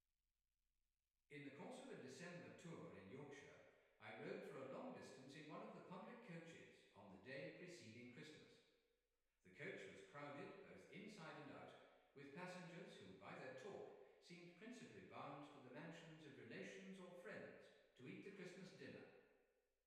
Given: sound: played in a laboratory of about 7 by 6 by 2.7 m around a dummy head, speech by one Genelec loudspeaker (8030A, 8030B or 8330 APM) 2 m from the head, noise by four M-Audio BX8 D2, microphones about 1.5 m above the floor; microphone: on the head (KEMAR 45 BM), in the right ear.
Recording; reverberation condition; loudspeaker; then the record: male speech in English; high; 150 degrees to the left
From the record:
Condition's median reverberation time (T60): about 1300 ms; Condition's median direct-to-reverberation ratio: about -4.0 dB